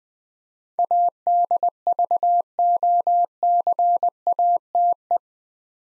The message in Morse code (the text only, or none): ADVOCATE